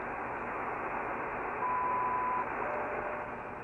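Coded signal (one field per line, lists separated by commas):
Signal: radio time signal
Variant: WWV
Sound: shortwave hiss with one steady 1 kHz tone lasting under a second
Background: radio static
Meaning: The 0.8-second 1000 Hz tone marks the start of a new minute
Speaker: i don't should be able to hear it here i'll turn it up again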